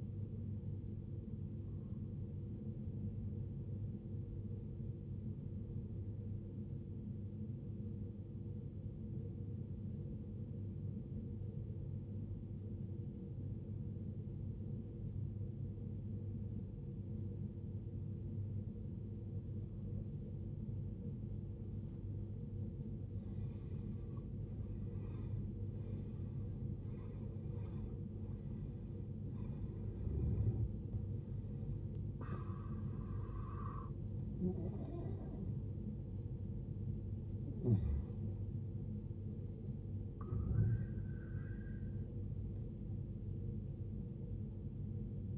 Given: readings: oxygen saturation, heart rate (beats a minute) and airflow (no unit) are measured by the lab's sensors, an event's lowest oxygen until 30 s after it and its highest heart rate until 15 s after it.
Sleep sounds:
breathing in sleep by a smartphone at the bedside; 1
3.00-23.50 s: obstructive apnea (N1, oxygen 95% highest, then 84% lowest, heart rate 58 at the start, 73 highest)
From the record:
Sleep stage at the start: N1 (lightest sleep); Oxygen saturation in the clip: 83 to 95%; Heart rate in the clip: 56 to 73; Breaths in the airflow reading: 5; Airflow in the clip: -16.3 to 16.6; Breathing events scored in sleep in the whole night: 389 in 6.3 hours asleep

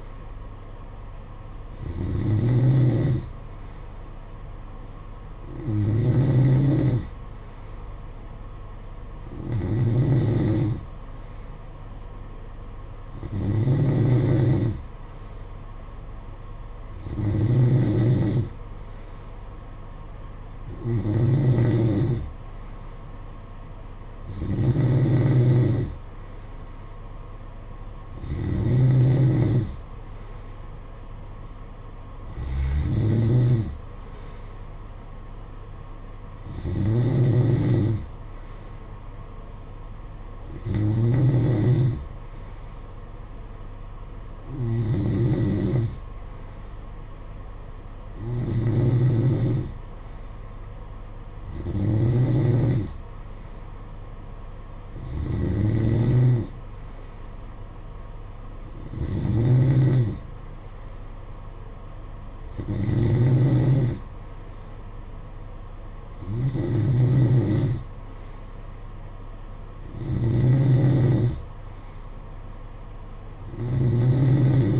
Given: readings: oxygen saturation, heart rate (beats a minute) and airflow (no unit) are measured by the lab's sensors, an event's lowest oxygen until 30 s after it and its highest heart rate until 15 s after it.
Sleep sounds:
breathing in sleep by a smartphone at the bedside; none
14.00-44.00 s: new sleep stage, N2 (light sleep)
44.00-74.80 s: new sleep stage, N3 (deep sleep)
From the record:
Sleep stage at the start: N3 (deep sleep); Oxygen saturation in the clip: 92 to 93%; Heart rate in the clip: 55 to 61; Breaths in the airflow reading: 19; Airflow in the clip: -10.2 to 7.9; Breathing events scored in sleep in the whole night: 476 in 9.7 hours asleep

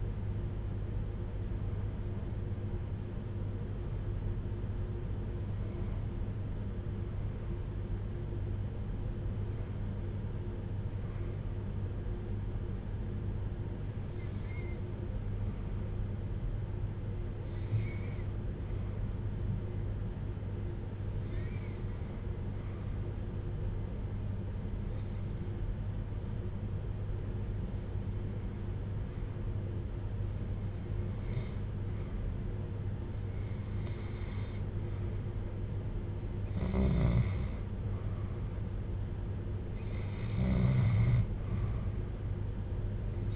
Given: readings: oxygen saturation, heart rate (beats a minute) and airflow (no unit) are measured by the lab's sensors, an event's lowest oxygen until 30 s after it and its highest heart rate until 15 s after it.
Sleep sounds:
breathing in sleep by a smartphone at the bedside; 1
9.00-38.20 s: hypopnea (REM, oxygen 97% highest, then 90% lowest, heart rate 56 at the start, 68 highest)
From the record:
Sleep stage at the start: REM sleep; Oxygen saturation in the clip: 86 to 97%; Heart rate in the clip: 56 to 65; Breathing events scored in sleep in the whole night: 310 in 8.1 hours asleep

